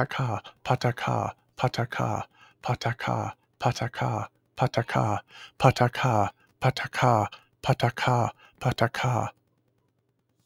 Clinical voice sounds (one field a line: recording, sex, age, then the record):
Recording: repeated syllables /pa ta ka/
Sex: male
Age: 40 to 49 years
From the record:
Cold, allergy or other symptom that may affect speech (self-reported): no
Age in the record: 45 years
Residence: New Jersey, United States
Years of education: 16